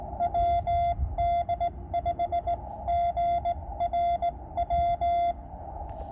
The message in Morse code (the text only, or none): WD5GRW